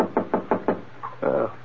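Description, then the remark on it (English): Five quick, evenly spaced knocks on the door of a room rap out in a steady rhythm, followed by a brief pause and a short, muffled, hollow sound. “I must have dozed off, because it took me a while to realize that the sound I heard was a knock on my door.”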